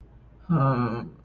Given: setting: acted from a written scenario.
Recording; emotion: vocal sound without words; shame